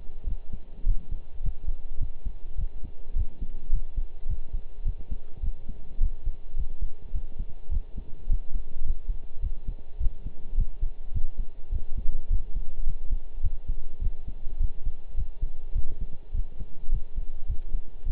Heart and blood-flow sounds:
heart sounds by stethoscope; between the tricuspid and mitral areas; 105 bpm
0.26 s: heartbeat
0.86 s: heartbeat
1.43 s: heartbeat
2.00 s: heartbeat
2.58 s: heartbeat
3.16 s: heartbeat
3.72 s: heartbeat
4.29 s: heartbeat
4.85 s: heartbeat
5.42 s: heartbeat
6.00 s: heartbeat
6.57 s: heartbeat
7.14 s: heartbeat
7.71 s: heartbeat
8.29 s: heartbeat
8.85 s: heartbeat
9.42 s: heartbeat
10.00 s: heartbeat
10.57 s: heartbeat
11.14 s: heartbeat
11.72 s: heartbeat
12.30 s: heartbeat
12.86 s: heartbeat
13.43 s: heartbeat
14.01 s: heartbeat
14.60 s: heartbeat
15.17 s: heartbeat
15.75 s: heartbeat
16.34 s: heartbeat
16.92 s: heartbeat
17.49 s: heartbeat
18.05 s: heartbeat
From the record:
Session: pedaling a stationary bicycle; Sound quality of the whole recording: partially saturated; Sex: male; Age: 23 years

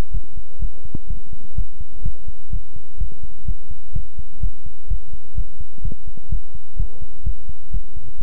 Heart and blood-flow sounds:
heart sounds by stethoscope; between the tricuspid and mitral areas; 126 bpm
0.11 s: heartbeat
0.59 s: heartbeat
1.07 s: heartbeat
1.55 s: heartbeat
2.02 s: heartbeat
2.50 s: heartbeat
2.98 s: heartbeat
3.45 s: heartbeat
3.93 s: heartbeat
4.40 s: heartbeat
4.88 s: heartbeat
5.35 s: heartbeat
5.82 s: heartbeat
6.29 s: heartbeat
6.76 s: heartbeat
7.23 s: heartbeat
7.71 s: heartbeat
8.18 s: heartbeat
From the record:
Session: pedaling a stationary bicycle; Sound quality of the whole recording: good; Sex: male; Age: 24 years

